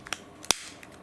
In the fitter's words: you snap it back in place.